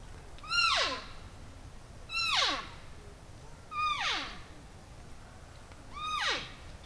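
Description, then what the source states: Siberian wapiti calls: four sharp, high squeals that fall quickly in pitch, spaced about two seconds apart, over faint background hiss. Female.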